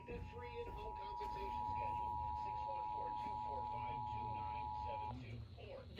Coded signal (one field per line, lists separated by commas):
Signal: Emergency Alert System (SAME) tones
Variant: 853 and 960 Hz attention tone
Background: speech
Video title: Lowkenuinely forgotten RMT from this month (EAS 464-466)